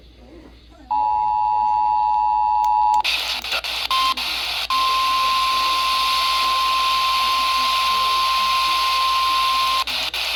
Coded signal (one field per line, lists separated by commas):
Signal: Emergency Alert System (SAME) tones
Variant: 853 and 960 Hz attention tone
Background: speech